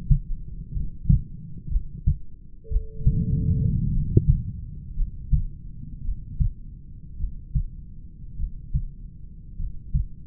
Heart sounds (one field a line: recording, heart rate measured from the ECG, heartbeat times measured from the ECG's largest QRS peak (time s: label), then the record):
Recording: heart sounds by stethoscope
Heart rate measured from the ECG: 54 bpm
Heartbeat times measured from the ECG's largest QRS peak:
0.78 s: heartbeat
1.73 s: heartbeat
2.73 s: heartbeat
3.96 s: heartbeat
4.99 s: heartbeat
6.07 s: heartbeat
7.22 s: heartbeat
8.41 s: heartbeat
9.61 s: heartbeat
From the record:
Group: heart failure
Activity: rest 0-7 s, breath hold 7-10 s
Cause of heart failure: familial cardiomyopathy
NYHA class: 1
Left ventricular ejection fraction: 49%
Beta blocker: bisoprolol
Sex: male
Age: 31 years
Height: 194 cm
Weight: 96 kg